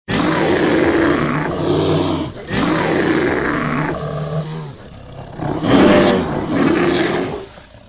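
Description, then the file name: Bear roaring: long, rough, deep roars with a growling edge, several drawn-out bursts separated by short breaks, the final roar fading out. "медведь"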